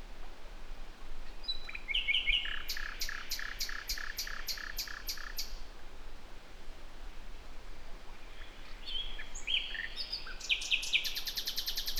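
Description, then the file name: Common nightingale song: a whistled phrase leading into a fast, loud series of repeated clicking notes, a pause, then another rapid, rattling trill, over steady low background noise. "Luscinia megarhynchos"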